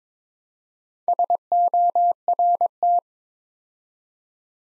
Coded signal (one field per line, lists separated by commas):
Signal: Morse code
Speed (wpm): 22 wpm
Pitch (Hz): 700 Hz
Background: none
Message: SORT